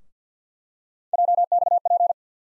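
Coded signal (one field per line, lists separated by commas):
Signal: Morse code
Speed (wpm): 48 wpm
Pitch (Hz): 700 Hz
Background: none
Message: JXP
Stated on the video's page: Morse practice of three-letter USA callsign postfixes at 50 wpm for head copy.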